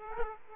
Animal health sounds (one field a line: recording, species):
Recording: mosquito wingbeat signal from an infrared sensor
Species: Aedes aegypti